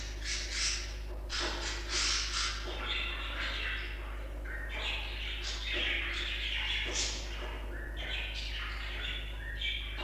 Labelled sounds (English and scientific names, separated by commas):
Budgerigar (Melopsittacus undulatus) call